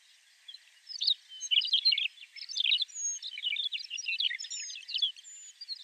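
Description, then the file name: McCown's longspur calling in quick, jumbled high chirps and short trills that build after a quiet start and run on steadily. "Mc Cowns-Longspur-Rhynchophanes-mccownii"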